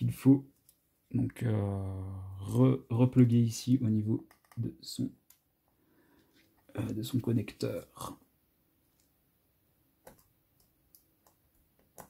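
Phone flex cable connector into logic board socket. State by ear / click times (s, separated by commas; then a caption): seated / 11.0 s. Someone talks while a small flex cable connector is pressed gently onto its logic board socket inside an iPhone X during reassembly. After the talk stops, a few faint, short clicks and taps follow. The connector clicks in at about 11.0 s and is properly seated.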